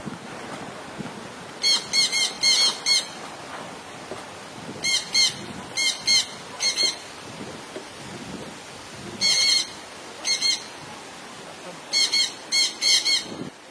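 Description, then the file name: Jandaya parakeet calling in loud, rasping screeches, single or grouped in runs of up to four, repeated at irregular intervals against low background noise. "canto da jandaia verdadeira"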